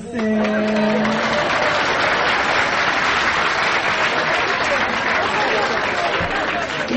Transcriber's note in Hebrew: מחיאות כפיים